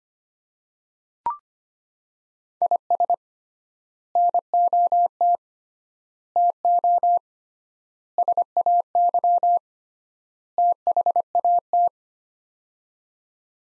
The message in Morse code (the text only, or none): IS NOT TO SAY THAT